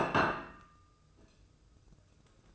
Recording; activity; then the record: daily activity, microphone in the room; place plate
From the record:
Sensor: 2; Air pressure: 995.2 hPa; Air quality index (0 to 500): 62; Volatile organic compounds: 2 ppm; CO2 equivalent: 1038 ppm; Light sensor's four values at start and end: 13/45/17/16 and 13/45/17/16